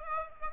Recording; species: mosquito wingbeat signal from an infrared sensor; Aedes aegypti